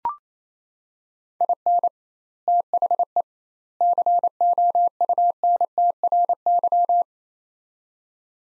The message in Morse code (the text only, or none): IN THE COUNTRY